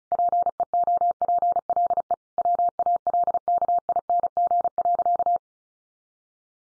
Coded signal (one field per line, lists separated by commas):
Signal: Morse code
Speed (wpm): 34 wpm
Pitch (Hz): 700 Hz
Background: none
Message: PEOPLE WALKING.